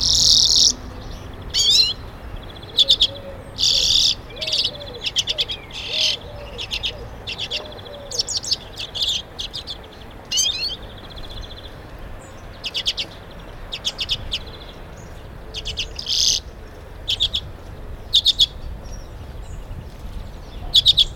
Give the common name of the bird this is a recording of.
Common Redpoll